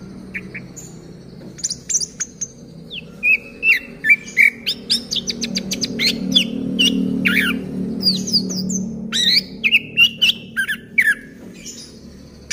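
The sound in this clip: Orange-headed thrush in sustained song, a rich run of varied whistles, slurs and sharp chips delivered rapidly and irregularly.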